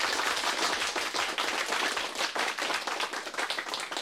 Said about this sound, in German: Heftiger Applaus.